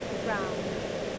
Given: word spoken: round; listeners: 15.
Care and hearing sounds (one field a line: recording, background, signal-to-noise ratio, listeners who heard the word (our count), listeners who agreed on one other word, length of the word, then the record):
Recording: one English word in noise, from a listening test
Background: speech-shaped noise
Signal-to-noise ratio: -4.1 dB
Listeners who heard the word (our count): 4 of 15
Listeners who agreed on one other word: 8 of 15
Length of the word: 0.78 s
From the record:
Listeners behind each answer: 8, 4, 2, 1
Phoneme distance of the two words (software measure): 14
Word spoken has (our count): 1 syllable, 4 phonemes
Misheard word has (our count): 1 syllable, 4 phonemes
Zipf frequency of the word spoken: 5.71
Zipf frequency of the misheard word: 5.01